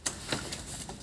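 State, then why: Released. The fold release button on a baby pram frame is pressed upward, giving a sharp click at 0.1 s and a softer knock at 0.3 s, followed by low rustling and shifting as the frame unlocks and folds from both sides. The frame is released and folded.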